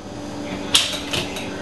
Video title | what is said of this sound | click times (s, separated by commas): Best Dishwasher | And then if you want the middle one, you can raise one side until you hear a click | 0.8 s